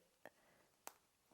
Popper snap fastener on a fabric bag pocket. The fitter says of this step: And you hear a little snap.